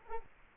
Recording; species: mosquito wingbeat signal from an infrared sensor; Culex quinquefasciatus